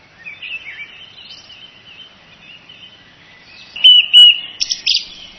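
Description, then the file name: Song thrush song: a long faint warbling stretch, then loud, clear repeated whistles and short bright notes near the end. "zanglijster"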